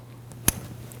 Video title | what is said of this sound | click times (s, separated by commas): How to Replace Intake Variable Valve Timing Solenoid 2013-2019 Ford Escape 1.5L L4 | Wait for the click. | 0.5 s